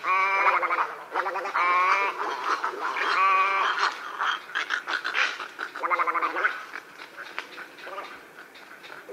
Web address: Uzbek hayvonlar. Egretta garzetta